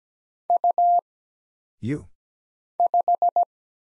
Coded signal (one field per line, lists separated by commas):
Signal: Morse code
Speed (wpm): 17 wpm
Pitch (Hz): 700 Hz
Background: none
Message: U 5